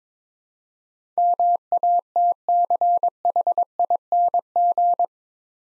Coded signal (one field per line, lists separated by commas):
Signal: Morse code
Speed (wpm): 22 wpm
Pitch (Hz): 700 Hz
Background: none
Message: MATCHING